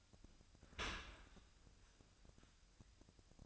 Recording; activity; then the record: daily activity, microphone in the room; open dishwasher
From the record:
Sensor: 2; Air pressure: 1002.9 hPa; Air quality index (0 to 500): 199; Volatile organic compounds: 6 ppm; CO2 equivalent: 1886 ppm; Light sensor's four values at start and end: 14/33/14/15 and 14/33/14/15